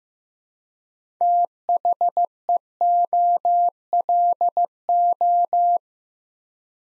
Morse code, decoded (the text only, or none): THEOLO